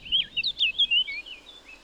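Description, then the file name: Eurasian blackcap, a short sweet phrase of fluty slurred whistles, loud and clear, fading after about a second. "Sylvia atricapilla"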